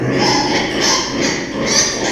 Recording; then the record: squeal of a Yucatan mini pig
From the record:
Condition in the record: before surgery on the right vocal fold (resection and tissue-engineered implant); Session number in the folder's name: 1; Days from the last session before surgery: -3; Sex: male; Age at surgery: 12 weeks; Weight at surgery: 13 kg